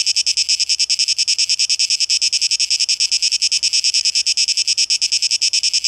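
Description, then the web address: Cicada drone, sharp high buzzing broken into quick steady pulses, continuing without pause. Cicadas, plural, 12 August 2023, tape echo mix. "rauschpartikel 2023-08-12 Zikaden"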